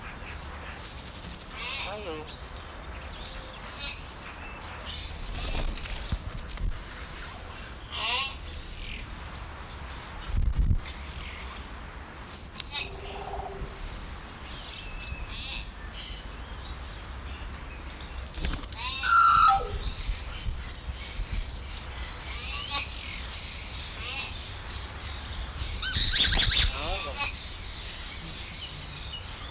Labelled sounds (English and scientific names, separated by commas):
Common Hill Myna (Gracula religiosa)